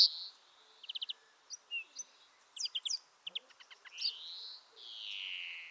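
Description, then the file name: European greenfinch with short rattled trills and scattered twittering notes, ending in two lengthy wheezing buzzes, the last slowly falling in pitch. "Chloris chloris"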